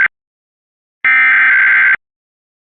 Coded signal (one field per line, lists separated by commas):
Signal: Emergency Alert System (SAME) tones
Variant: header bursts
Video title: Georgia Statewide EAS Test (EAS #1-7)